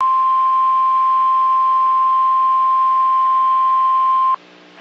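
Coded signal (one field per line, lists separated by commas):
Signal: Emergency Alert System (SAME) tones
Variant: 1050 Hz attention tone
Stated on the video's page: Severe thunderstorm warning received on NOAA weather radio station KEC55.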